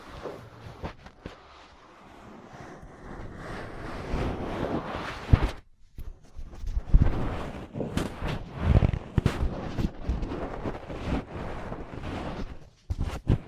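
Ear cleaning and massage sounds: dense, scratchy rubbing and muffled rumbling that swells after the first few seconds. Sharp taps and cupping pops come often and irregularly, especially in the second half, with brief drops to near silence around six and thirteen seconds.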